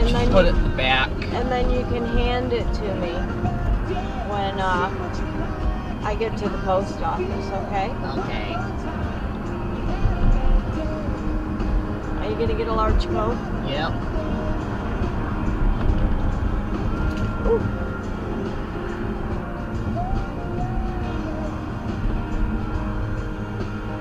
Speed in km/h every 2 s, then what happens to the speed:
39, 44, 45, 48, 50, 53, 55, 55, 55, 47, 39, 26.
0-10 speeds up to 53. 10-16 steady at about 55. 16-24 brakes to 26.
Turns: none.